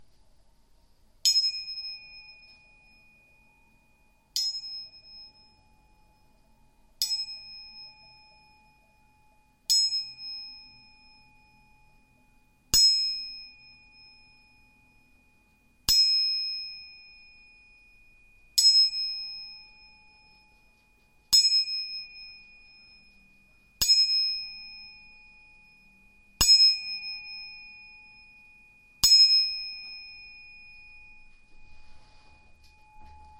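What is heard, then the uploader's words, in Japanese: Two tuning forks are struck again and again, about every two and a half seconds, eleven strikes in all. Each strike gives a sharp metallic tap, then a clear bright ring that fades slowly. A steady high tone carries faintly between strikes in a quiet room. 音叉チューニング2本。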